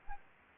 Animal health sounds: mosquito wingbeat signal from an infrared sensor; Anopheles arabiensis

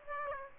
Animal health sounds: mosquito wingbeat signal from an infrared sensor; Aedes aegypti

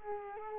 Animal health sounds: mosquito wingbeat signal from an infrared sensor; Culex quinquefasciatus

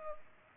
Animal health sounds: mosquito wingbeat signal from an infrared sensor; Culex pipiens

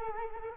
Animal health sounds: mosquito wingbeat signal from an infrared sensor; Culex quinquefasciatus

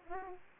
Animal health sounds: mosquito wingbeat signal from an infrared sensor; Aedes aegypti

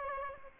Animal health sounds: mosquito wingbeat signal from an infrared sensor; Aedes aegypti

